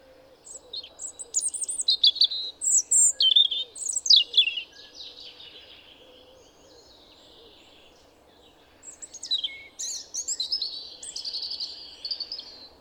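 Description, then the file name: European robin singing varied high warbled phrases with sharp twitters and trills, pausing for several seconds before resuming, over a constant low background hum. "Erithacus rubecula"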